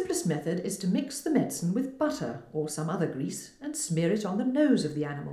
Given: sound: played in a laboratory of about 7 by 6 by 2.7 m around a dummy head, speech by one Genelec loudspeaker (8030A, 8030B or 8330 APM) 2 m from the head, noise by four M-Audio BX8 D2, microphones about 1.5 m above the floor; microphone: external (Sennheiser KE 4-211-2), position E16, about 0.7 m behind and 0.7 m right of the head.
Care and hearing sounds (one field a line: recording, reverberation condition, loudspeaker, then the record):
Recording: female speech in English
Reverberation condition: medium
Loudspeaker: 150 degrees to the right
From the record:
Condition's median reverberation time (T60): about 510 ms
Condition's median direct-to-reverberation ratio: about -0.5 dB